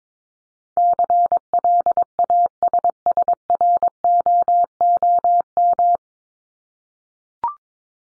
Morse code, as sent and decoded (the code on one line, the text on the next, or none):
-.-. .-.. .- ... ... .-. --- --- --
CLASSROOM